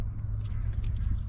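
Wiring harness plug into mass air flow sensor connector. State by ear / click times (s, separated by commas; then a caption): not seated / none. The factory wiring plug is being pushed onto the new mass air flow sensor's connector on a 1991 Mustang 5.0, a tight fit, with a steady low rumble and faint handling noise throughout, including two brief soft ticks near 0.8 and 1.0 seconds. Nothing has seated or clicked yet; the plug is still being handled and has not snapped home.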